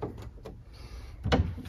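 The rubber mounting domes of a plastic frunk storage tub for a BMW i4 are handled at their snap-fit holes in the car's motor compartment, with a soft knock at the start and a louder, sharp handling knock near 1.3 seconds. Nothing has seated or clicked into place yet.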